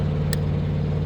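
On a 2012 Freightliner Cascadia with a DD13 engine, the plastic locking clip on the Venturi pipe sensor's wiring connector is pushed in before unplugging the sensor. A sharp click is heard at 0.3 s over a steady low engine hum, and the connector lock is released.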